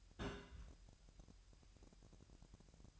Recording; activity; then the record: daily activity, microphone in the room; place on stove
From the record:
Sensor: 2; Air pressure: 1001.8 hPa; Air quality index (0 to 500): 241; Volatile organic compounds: 32 ppm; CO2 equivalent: 2994 ppm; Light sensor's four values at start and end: 5/11/4/5 and 5/11/4/5